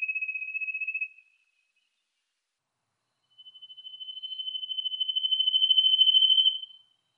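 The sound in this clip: Trilling Cisticola: the tail of one trill, a pause of about two seconds, then a long trill that grows louder before ending sharply.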